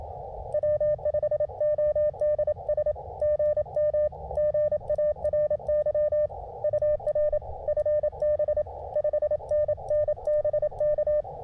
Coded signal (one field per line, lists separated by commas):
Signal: Morse code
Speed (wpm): 27 wpm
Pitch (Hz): 600 Hz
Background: none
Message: W5ODS GM GARY UR FB 5NNBK